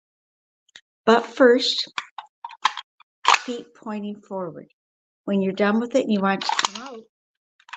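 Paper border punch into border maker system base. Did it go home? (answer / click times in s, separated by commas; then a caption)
no / none. A paper border punch is handled at a border maker system base while someone talks, with short taps and knocks around 0.7 s, 2.2 to 3.3 s and 7.6 s. The punch has not clicked into the base yet.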